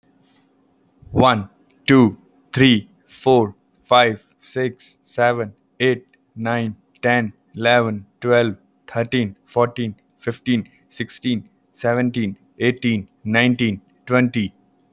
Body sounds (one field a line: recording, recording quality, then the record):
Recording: counting at a normal pace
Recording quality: excellent, no background noise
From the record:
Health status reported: healthy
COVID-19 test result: not tested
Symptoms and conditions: none ticked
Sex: male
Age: 33 years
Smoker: not ticked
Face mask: not worn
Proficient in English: yes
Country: India